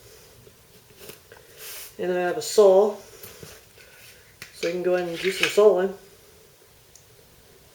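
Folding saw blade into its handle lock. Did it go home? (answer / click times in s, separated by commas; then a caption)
yes / 7.0 s. Someone talks while a small folding saw is unfolded until its blade locks open in the handle lock. A sharp click is heard at 7.0 seconds as the blade seats in the open position.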